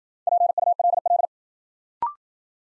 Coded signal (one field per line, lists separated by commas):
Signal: Morse code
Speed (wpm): 54 wpm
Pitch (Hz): 700 Hz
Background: none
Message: PULL